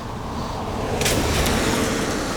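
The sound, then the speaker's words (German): Steady rushing road noise, with a passing vehicle swelling into a brief whoosh midway before easing back into the constant traffic hum. No one speaks. “Ah, und Verkehr.”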